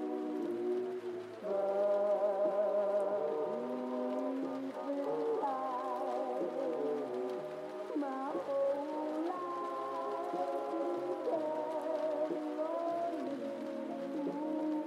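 Old-time music plays from another room, muffled and dull, with sustained warm tones and gliding notes over a steady low bass. The chords shift every second or two, with slight swells around the two- and eight-second marks, at an even loudness throughout.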